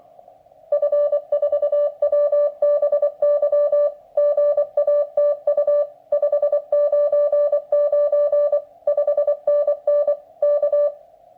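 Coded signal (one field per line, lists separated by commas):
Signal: Morse code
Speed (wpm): 24 wpm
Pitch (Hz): 580 Hz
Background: music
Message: F4WBY GATU 599 5NN K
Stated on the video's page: Morse from the Lab599 Discovery TX-500's built-in CW keyer, which seems to glitch, received on a 5 m magnetic loop antenna.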